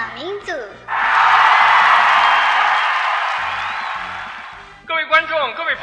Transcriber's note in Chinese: 掌声、欢呼声盖住了 的致词